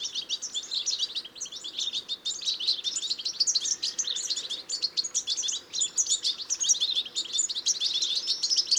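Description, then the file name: European goldfinch calls: a dense, continuous high twittering of rapid tinkling notes, fluttering in loudness throughout. "Carduelis carduelis"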